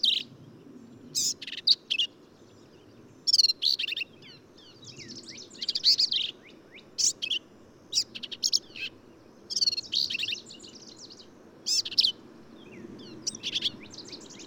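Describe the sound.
Black-capped vireo singing a long run of varied, chattering and buzzy phrases separated by short pauses, with faint low background noise.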